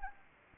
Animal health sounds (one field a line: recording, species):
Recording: mosquito wingbeat signal from an infrared sensor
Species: Anopheles arabiensis